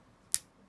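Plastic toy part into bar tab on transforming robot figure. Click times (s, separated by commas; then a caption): 0.3 s. A plastic part of a Magic Square MS-B52 Munitioner (Combaticon Swindle) transforming robot toy is slid down onto a bar and tabbed in, giving one sharp, bright snap at 0.3 s against near silence, with its energy mostly in the high frequencies. The part seats in the tab, and the snap shows everything is lined up.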